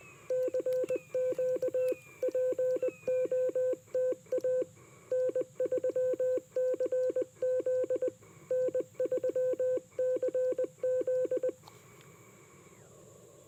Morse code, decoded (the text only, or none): CQ POTA N3CZ N3CZ